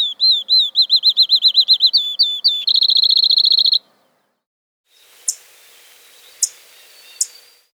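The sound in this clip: Field sparrow singing a series of slurred, wavering whistles around one pitch that speed into a fast even trill, then a pause and three brief sharp clicks.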